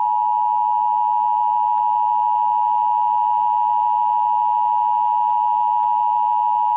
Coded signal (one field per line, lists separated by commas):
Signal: Emergency Alert System (SAME) tones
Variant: 853 and 960 Hz attention tone